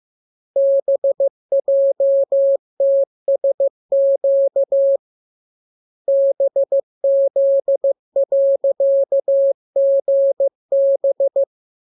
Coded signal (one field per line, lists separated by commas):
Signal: Morse code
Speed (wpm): 15 wpm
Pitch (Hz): 550 Hz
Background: none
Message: BJTSQ BZ.GB